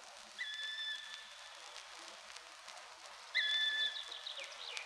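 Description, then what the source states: Black woodpecker call: two long, level, whistled notes, about three seconds apart, over a steady hiss. Strange, mysterious cries occasionally heard in the forest.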